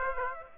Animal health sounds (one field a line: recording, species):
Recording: mosquito wingbeat signal from an infrared sensor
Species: Aedes aegypti